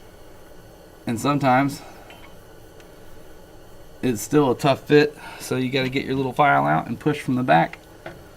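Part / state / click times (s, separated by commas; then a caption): crimped terminal pin into plastic connector housing / not seated / none. Someone talks while handling a crimped terminal pin that is being fitted into the plastic housing of a pinball wiring connector, with a small file ready to push it in from the back. Only brief faint ticks are heard at about 2.1 s and 8.1 s between the talking. The pin has not seated or clicked into the housing yet.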